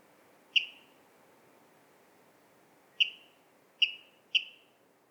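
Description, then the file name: Water rail call: one sharp ringing note, a long pause, then three more clipped notes close together at the end. "Waterral Rallus aquaticus"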